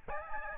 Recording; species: mosquito wingbeat signal from an infrared sensor; Aedes albopictus